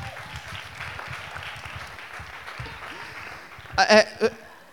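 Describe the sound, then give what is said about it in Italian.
An audience at a Sunday church service applauds a man called to the front, a steady, dense patter of many hands that holds for several seconds, then swells with a few sharp, louder bursts near the end before fading. “Avvicinati, un applauso”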